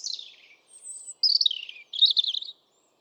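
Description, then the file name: European robin giving four short high phrases: a falling slur, a thin whistle, a second falling run, and a quick fluttering trill. "Erithacus rubecula"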